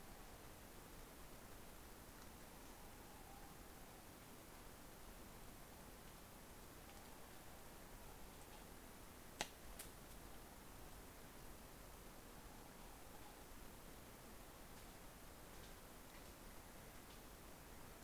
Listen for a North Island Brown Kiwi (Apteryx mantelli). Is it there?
no